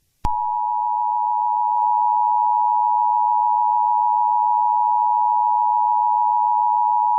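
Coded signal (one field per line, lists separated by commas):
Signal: Emergency Alert System (SAME) tones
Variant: 853 and 960 Hz attention tone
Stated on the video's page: Fictional EAS scenario.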